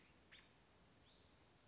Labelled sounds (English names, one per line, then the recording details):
American Robin
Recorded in Sonoma County, California